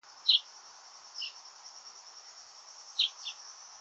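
Common chaffinch calls: a sharp, bright note near the start, a fainter one about a second later, and a pair near the end, over a steady high insect buzz.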